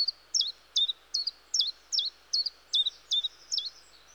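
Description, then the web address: Common chiffchaff song: quick, evenly spaced high notes, each falling in pitch, about two and a half each second. "BBC Sound Effects Library. Chiffchaff"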